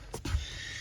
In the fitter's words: Just make sure it clips, make sure it goes in.